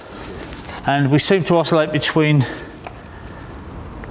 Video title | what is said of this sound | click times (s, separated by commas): Marley Universal Dry Verge Fixing System Review | All right, so we've got this little bird guard that goes in, and we just push it down till it clicks in place there. | 0.5 s